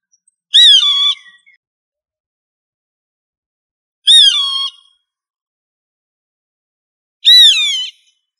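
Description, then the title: Rail calls: three short, harsh squawks with a whistled, bending tone, each lasting about half a second and coming roughly every three seconds, with silence between them. "LuckyFamilia RallidaeFrangoSama"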